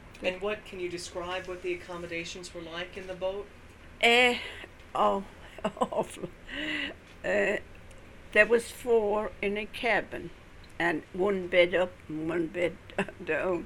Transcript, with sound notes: And what, can you describe what the accommodations were like in the boat?
Oh, awful. (she laughs) There was four in a cabin and one bed up and one bed down